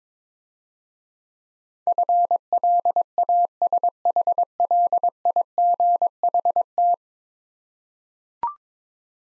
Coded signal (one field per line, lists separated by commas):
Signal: Morse code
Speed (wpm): 22 wpm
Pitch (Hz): 700 Hz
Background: none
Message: FLASHLIGHT